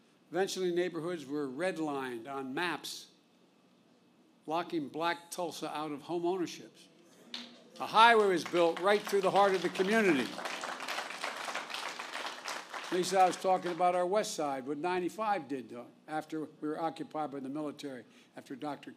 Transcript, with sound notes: Eventually neighborhoods were redlined on maps, locking Black Tulsa out of homeownerships. (Applause.) A highway was built right through the heart of the community. Lisa, I was talking about our west side—what 95 did to it after we were occupied by the military, after Dr.